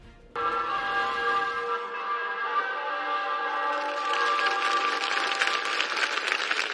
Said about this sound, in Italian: Campana distesa e un lungo applauso hanno salutato per l'ultima volta Maria Paola Gaglione, la ragazza di Caivano morta in scooter